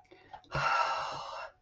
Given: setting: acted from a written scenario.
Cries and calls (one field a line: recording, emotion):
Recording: vocal sound without words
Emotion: contentment